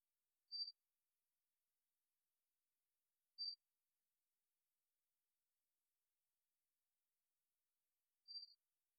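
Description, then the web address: Loki robber frog giving short, high chirped notes, three in all, spaced several seconds apart, with silence between them. "craugastor loki"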